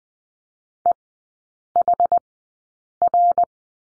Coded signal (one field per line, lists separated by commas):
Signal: Morse code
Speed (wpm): 20 wpm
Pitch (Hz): 700 Hz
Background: none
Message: EHR